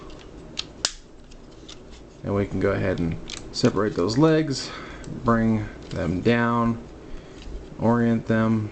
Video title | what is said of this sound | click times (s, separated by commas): 3rd party primus review | And then we're going to slide it down until it clicks. | 0.6 s, 0.9 s